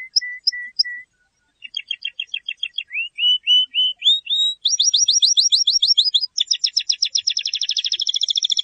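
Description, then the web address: Canary song: short whistled notes, then a pause, then fast repeated trills stepping higher and quickening into a dense rolling buzz. "honarfardi Canary Sound"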